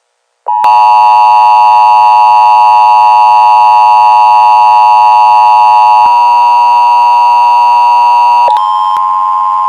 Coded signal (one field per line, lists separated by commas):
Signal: Emergency Alert System (SAME) tones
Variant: 853 and 960 Hz attention tone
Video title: EAS YTP do not swim agast the tornado warning